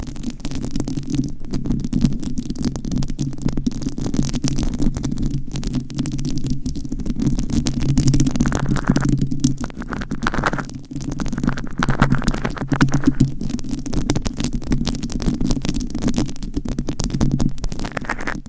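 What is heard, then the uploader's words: Rhinestones scratch and tap on a microphone in a dense, continuous rasp that runs the whole time with only brief dips. The scraping stays low and rumbling, crowded with fast irregular clicks, and a brighter scratchy layer rises in bursts between roughly eight and thirteen seconds. ASMR Mic Scratching - Brain Scratching & Tapping with Rhinestones on Mic Asmr No Talking.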